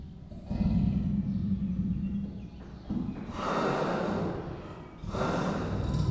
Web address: allathangok miskolcizoo 2018 professzionalis perzsa leopard amikrofonesanostenykettose holgyekerkeznek miskolczoo